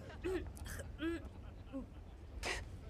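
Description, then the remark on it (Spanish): Three short, guttural throat-clearing grunts at a steady pace, then a sharp breathy burst like a hawk and spit, over a low background rumble. “Trata de carraspear mejor e impúlsate con el cuerpo.”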